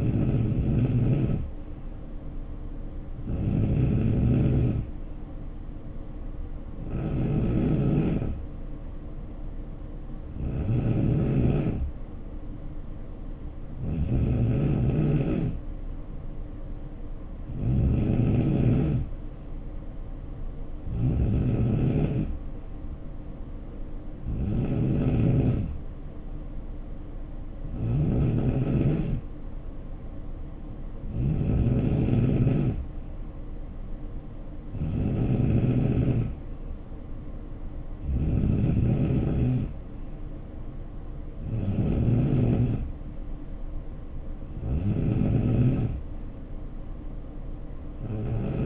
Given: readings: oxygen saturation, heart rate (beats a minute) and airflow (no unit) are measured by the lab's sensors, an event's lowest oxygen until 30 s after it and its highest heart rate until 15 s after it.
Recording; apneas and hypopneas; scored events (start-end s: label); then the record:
breathing in sleep by a smartphone at the bedside; none
none scored
From the record:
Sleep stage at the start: N3 (deep sleep); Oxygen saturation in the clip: 90 to 92%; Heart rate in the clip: 62 to 74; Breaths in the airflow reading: 14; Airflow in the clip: -5.8 to 3.0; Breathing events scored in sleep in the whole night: 520 in 7.2 hours asleep